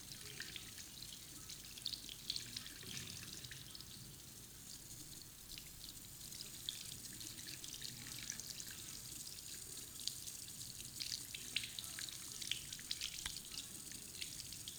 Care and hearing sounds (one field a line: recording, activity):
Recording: daily activity, guitar pickup as the sensor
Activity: wash hands